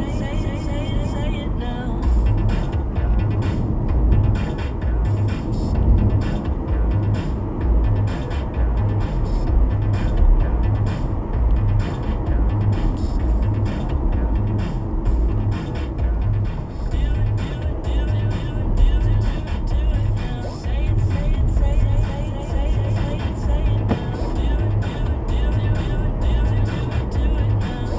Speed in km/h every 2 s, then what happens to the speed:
74, 71, 77, 82, 84, 87, 77, 64, 68, 64, 64, 72, 79, 79.
2-10 speeds up to 87. 10-14 brakes to 64. 14-20 steady at about 64. 20-24 speeds up to 79.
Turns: none.